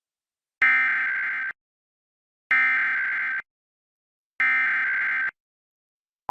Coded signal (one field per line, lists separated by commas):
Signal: Emergency Alert System (SAME) tones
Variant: header bursts